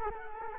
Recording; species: mosquito wingbeat signal from an infrared sensor; Culex quinquefasciatus